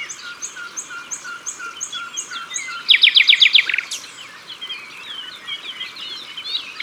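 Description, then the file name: Common nightingale song: soft repeated notes, then a loud, fast series of about six strokes, with other birds singing faintly throughout. Recorded at the water's edge. "Rossignol philomele Au bord de leau"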